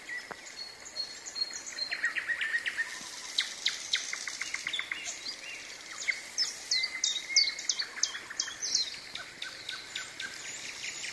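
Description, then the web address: Common nightingale song, rich varied phrases of whistles, rapid clicks and trills, delivered in quick bursts with short pauses, over steady background noise. Singing in the evening, with thunder. "sounds of nature eveningthunderousnightingale singing"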